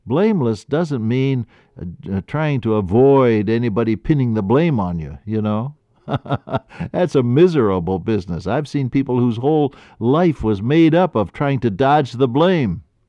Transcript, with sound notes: Blameless doesn’t mean trying to avoid anybody pinning the blame on you. You know? (Laughs) That’s a miserable business. I’ve seen people whose whole life was made up of trying to dodge the blame.